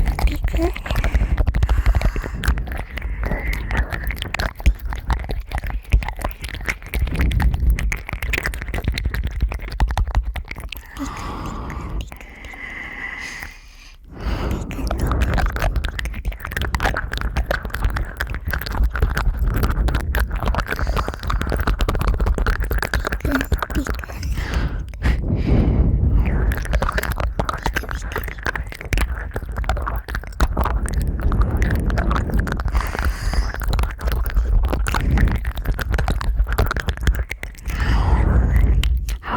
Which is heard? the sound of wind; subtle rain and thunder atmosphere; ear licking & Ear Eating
ear licking & Ear Eating